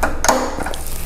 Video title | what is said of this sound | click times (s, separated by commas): 2009 - 2014 R1 Stater replacement | just wanna push it enough to where you hear it snap in place | 0.2 s